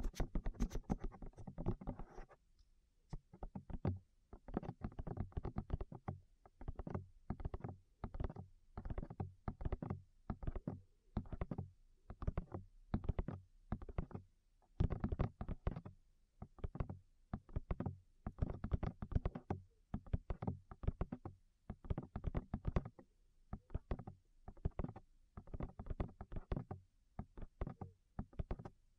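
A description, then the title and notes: Rapid tapping on the ears, muffled, with soft low thumps fired in quick clusters. The taps come in short bursts separated by brief pauses every few seconds, holding a steady, even pace throughout. Faint crackly hiss rides on some hits. ASMR Tap Your Ears 3Dio (No Talking).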